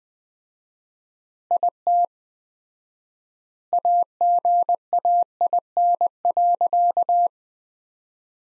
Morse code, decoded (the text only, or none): IT AGAIN.